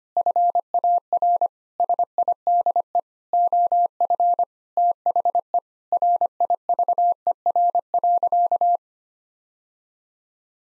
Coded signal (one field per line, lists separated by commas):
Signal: Morse code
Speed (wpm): 25 wpm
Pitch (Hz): 700 Hz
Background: none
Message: FAR SIDE OF THE RIVER.